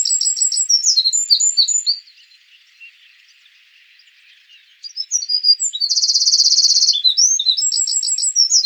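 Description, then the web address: Eurasian wren giving a loud, high-pitched cascade of quick warbled notes; after a short pause, another outburst with a rapid rattling trill in the middle. "troglodytes troglodytes"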